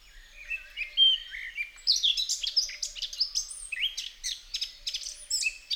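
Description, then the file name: Eurasian blackcap song, an energetic, scratchy warble mixed with clear whistled notes, delivered almost without a break. "Sylvia atricapilla"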